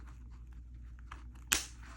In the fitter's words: Okay, I got that one. You heard it click.